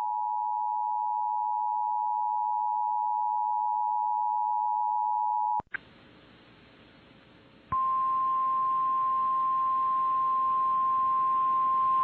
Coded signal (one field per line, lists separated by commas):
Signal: Emergency Alert System (SAME) tones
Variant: 853 and 960 Hz attention tone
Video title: WHO-AM COVERS THE TORNADOES... EAS Alerts from 5/21/24 (EAS #4,268 - 4,291)